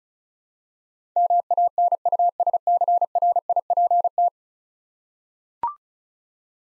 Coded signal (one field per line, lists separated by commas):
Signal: Morse code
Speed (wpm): 36 wpm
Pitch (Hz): 700 Hz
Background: none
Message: MANUSCRIPT